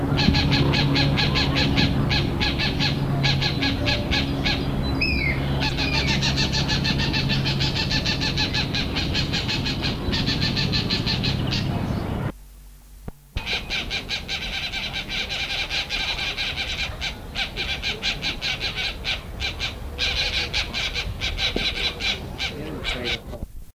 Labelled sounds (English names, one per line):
Green Jay call